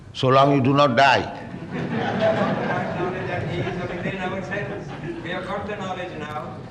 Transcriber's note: laughter